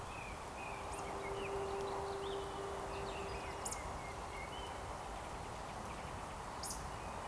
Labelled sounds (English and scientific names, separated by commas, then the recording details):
Eurasian Woodcock (Scolopax rusticola)
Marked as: woodcock, woodcock, woodcock
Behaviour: display flight
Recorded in Baden-Württemberg, Germany, on 13 June 2020 at 19:29 UTC
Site 43791, 788 m above sea level